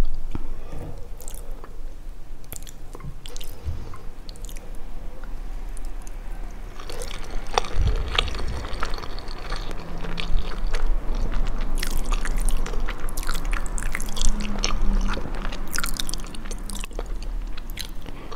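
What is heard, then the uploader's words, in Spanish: Someone eats spaghetti, with wet chewing, squishing and slurping sounds coming in quick, irregular bursts throughout. The mouth noises grow denser and brighter after about eight seconds, over a steady low hum. ASMR MUKBANG EATING _ Comiendo Spaghetti.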